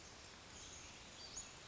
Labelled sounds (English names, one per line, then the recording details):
Western Flycatcher
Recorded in Sonoma County, California